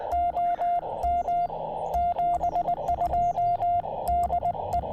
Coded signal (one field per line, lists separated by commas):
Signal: Morse code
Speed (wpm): 20 wpm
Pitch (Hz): 690 Hz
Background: none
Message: OM 72 DE